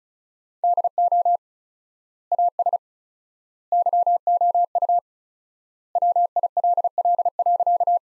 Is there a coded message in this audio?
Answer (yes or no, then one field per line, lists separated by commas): yes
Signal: Morse code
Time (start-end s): 0.6-8.0 s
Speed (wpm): 36 wpm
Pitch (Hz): 700 Hz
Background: none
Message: DO AS YOU WILL.